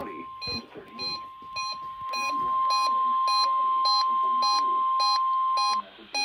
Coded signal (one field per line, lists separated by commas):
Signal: Emergency Alert System (SAME) tones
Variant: 1050 Hz attention tone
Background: speech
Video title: 12/29/21 New Year New ME! (LAST REQUIRED WEEKLY TEST OF 2021!) EAS #132-#135